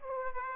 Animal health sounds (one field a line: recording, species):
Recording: mosquito wingbeat signal from an infrared sensor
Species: Aedes aegypti